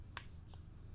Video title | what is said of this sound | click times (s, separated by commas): Chris Reeve Ti Lock Elemental! The Knife of the Day! | you can hear it click in while this clicks on to the locking pin as well. | 0.2 s